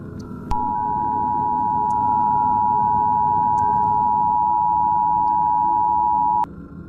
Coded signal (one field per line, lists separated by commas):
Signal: Emergency Alert System (SAME) tones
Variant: 853 and 960 Hz attention tone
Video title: Nuclear Apocalypse - WW3 EAS Scenario (REUPLOAD)